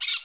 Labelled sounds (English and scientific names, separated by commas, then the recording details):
Brown-throated Parakeet (Eupsittula pertinax) contact call
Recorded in Curacao
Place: Hoffi Jan Thiel
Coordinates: 12.094, -68.877